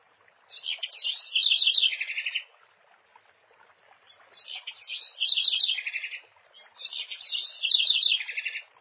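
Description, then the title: House wren: three brisk, tumbling high songs, each a rush of twitters closing with a lower trill, separated by short gaps. "cURRUIRA"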